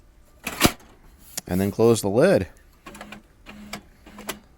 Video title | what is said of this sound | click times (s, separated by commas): How to Change Your Ink Toner Cartridge in a LaserJet Printer - Easy & Quick DIY Job (HP Pro M118dw) | of and it should snap into place securely | 0.5 s